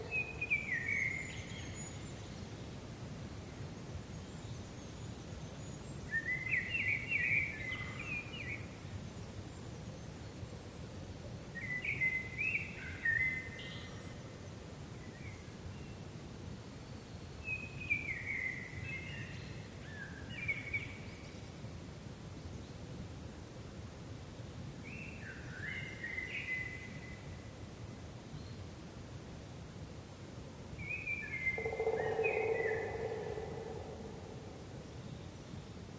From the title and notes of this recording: Sounds of Nature: A Green Forest in Spring. An aural exploration of a lush green forest in spring, from morning until night.